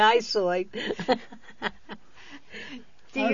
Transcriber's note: they laugh